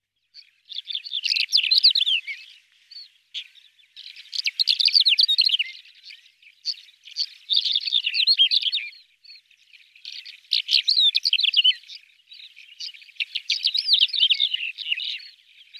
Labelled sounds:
Greater Short-toed Lark (Calandrella brachydactyla) song
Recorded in the wild
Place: Taukumwüste, KZ
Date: 2000-05-18
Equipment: MiniDisc Sharp MT 20 H
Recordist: Schwarz, Dieter
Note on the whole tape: Song

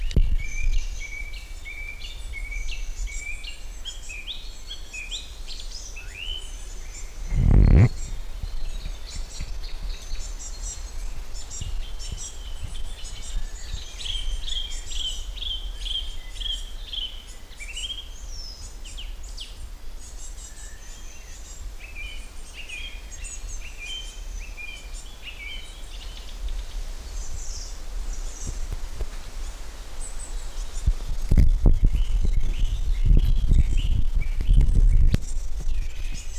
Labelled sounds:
Song Thrush (Turdus philomelos) song
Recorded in the wild
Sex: male
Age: adult
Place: Lübars (Fließtal), Berlin, DE
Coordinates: 52.6167, 13.35
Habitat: forest
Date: 1999-05-30 13:09
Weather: fair, 26°C, wind
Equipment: Sony MD-WM MZ-R3, Sennheiser ME 80, Kopie Uher 4000 Report Monitor
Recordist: Tembrock, Günter

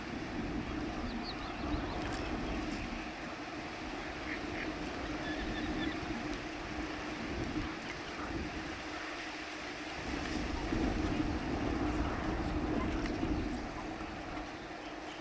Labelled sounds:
Little Crake (Porzana parva) song
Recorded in the wild
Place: Breitenbrunn, AT
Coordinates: 47.9472, 16.7228
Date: 1972-05-10
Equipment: Uher Report 4200, AKG D190C in Doppel-Parabolreflektor
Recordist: Krey, Winfried

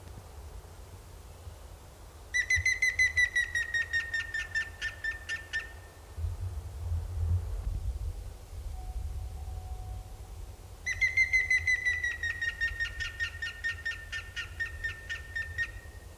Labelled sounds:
Grey-headed Woodpecker (Picus canus)
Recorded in the wild
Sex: male
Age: adult
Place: Bielefeld-Stieghorst, OT Lämershagen, Nordrhein-Westfalen, DE
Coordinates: 51.9747, 8.61917
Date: 1972-03-17
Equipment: Uher 4200 Report Stereo, Bändchenmikro Beyer M 260, Parabolspiegel Polyester (600 mm)
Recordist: Conrads, Klaus

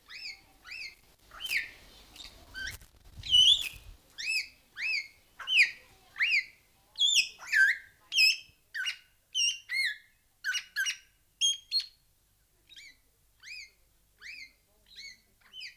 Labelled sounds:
Greater Vasa Parrot (Coracopsis vasa) call
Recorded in captivity
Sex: male
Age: adult
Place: Zoo Berlin, Berlin, DE
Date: 2002-07-25 12:05
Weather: bedeckt, z.T. Regen, 16°C
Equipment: Nagra SN, Kopie Uher 4000 Report Monitor
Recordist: Tembrock, Günter
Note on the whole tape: Männchen: Lautfolgen

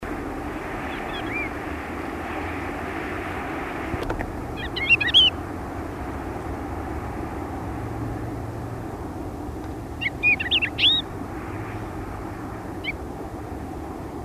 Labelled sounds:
Thekla's Lark (Galerida theklae)
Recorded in the wild
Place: Rioja, ES
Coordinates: 36.9144, -2.46861
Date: 1971-04-03
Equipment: Uher Report 4200, AKG D190C in Doppel-Parabolreflektor
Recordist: Krey, Winfried
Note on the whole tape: Artbestimmung nach Sonagramm

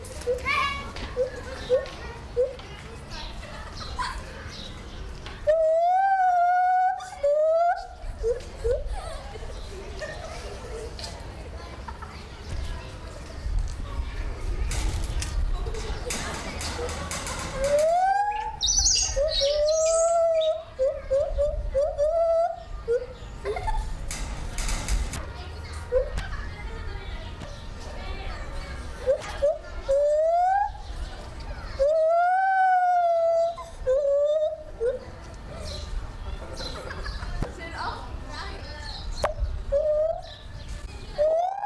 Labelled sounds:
Lar Gibbon (Hylobates lar)
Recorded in captivity
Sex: male
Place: Zoo Berlin, Berlin, DE
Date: 1996-04-06 13:24
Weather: heiter, 10 - 16 °C
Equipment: Sony MD-WM MZ-R3, Sennheiser MKH 416 T, Kopie Uher 4000 Report Monitor
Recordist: Tembrock, Günter
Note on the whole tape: Männchen (unten am Gitter), Lautfolgen

